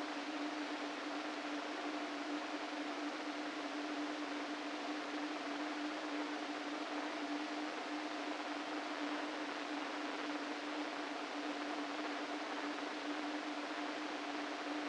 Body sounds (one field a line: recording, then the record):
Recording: brain microelectrode recording played as sound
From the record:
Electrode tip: inside the subthalamic nucleus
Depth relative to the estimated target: -2 mm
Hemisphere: right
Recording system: NeuroSet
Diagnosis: Parkinson's disease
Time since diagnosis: 13 years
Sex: male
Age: 49 years